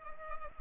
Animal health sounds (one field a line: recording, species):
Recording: mosquito wingbeat signal from an infrared sensor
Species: Culex pipiens